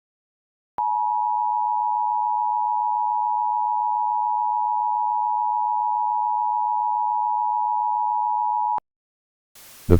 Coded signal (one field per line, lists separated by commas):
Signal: Emergency Alert System (SAME) tones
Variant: 853 and 960 Hz attention tone